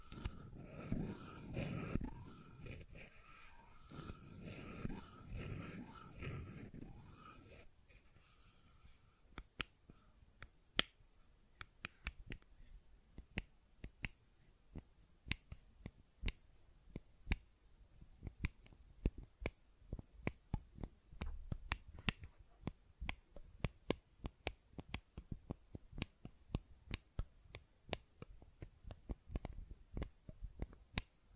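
Fidget cube clicks and taps, starting under a low rumbling murmur for eight seconds, then sharp irregular snaps coming quickly against near silence.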